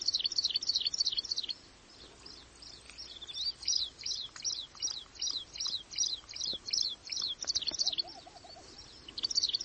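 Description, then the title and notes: Plain prinia giving a fast series of high, buzzy notes, about three per second, pausing and then resuming, over steady background noise. "Prenjak Sawah. Suara Burung Prenjak"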